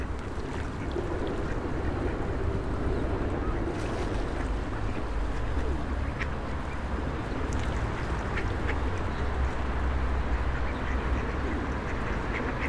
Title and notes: Kaczki i gołębie na Promenadzie Staromiejskiej cz.2 Lokalizacja: Stare Miasto Czas: , 16.00. Opis: Kaczki i gołębie karmione przez przechodniów. Odgłosy przejeżdżających samochodów i autobusów. Autor nagrania: Bartosz Grzyb